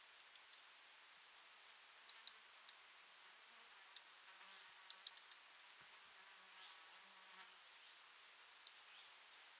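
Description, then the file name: European robin giving sharp ticks in short runs, interspersed with thin, very high drawn-out notes. "Erithacus rubecula"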